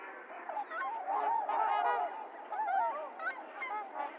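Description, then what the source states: Trumpeter swans giving a chorus of nasal, horn-like honks, many birds overlapping in an uneven, continuous clamour. Recorded 28 January 2022; low-cut filtered; several swans.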